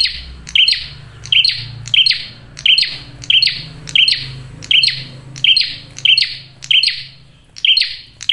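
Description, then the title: Prinia repeating brisk, grating chirps about every 0.7 seconds over a low humming background. Male prenjak singing loudly and clearly in a tight series; used as a trapping lure (pikat) and to attract females (pancingan betina). "Masteran Duet Cililin Vs Kapas Tembak. PRENJAK JANTAN GACOR SUARA JERNIH, RAPET. " COCOK UNTUK PIKAT MAUPUN PANCINGAN BETINA ""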